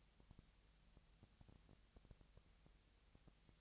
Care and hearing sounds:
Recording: daily activity, microphone in the room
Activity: no activity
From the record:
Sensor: 3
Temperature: 20.6 degrees Celsius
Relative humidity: 35.7%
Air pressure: 998.7 hPa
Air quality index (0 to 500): 236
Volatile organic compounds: 72 ppm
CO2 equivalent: 3534 ppm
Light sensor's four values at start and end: 2/3/2/2 and 2/3/2/2

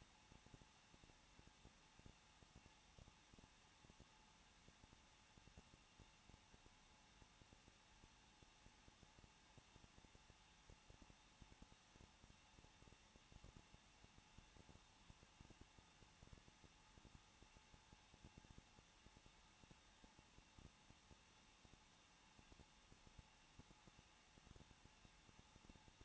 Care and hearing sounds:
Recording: daily activity, microphone in the room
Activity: no activity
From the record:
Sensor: 1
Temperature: 20.1 degrees Celsius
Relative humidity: 39.1%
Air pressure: 1006.4 hPa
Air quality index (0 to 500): 216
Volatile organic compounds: 73 ppm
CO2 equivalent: 3544 ppm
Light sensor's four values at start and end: 1/2/1/1 and 1/2/1/1

